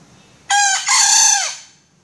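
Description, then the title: Junglefowl call: a brief harsh harmonic note, then a longer strained note that drops in pitch at its end, over quiet background. Female; call described as melodious. "Suara Ayam Hutan Betina. Suara ayam hutan merdu"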